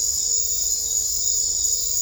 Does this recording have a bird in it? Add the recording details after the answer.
no. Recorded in dense forest near Puerto Asís, Putumayo, Colombia, on 21 December 2024 at 21:00. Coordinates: 0.500, -76.322. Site G053